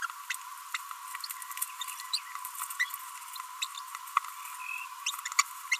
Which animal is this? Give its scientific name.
Forpus passerinus